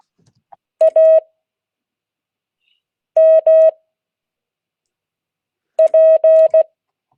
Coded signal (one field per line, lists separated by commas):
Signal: Morse code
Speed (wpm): 16 wpm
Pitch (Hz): 640 Hz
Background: none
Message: AMP